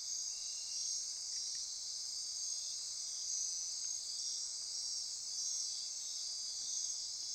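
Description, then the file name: Insects in chorus, a shrill unbroken trilling mass with a few brief softer pulsed notes near the start. Insect chorus recorded at midnight near Corcovado. "Wind-is-the-Original-Radio-Fridays 20240628 Andy-Martin Midnight-Insect-Chorus-Near-Corcovado"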